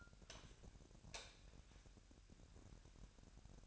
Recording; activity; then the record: daily activity, microphone in the room; light on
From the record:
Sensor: 2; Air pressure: 1011.8 hPa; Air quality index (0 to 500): 210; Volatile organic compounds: 3 ppm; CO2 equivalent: 1484 ppm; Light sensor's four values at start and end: 10/24/10/10 and 14/36/15/16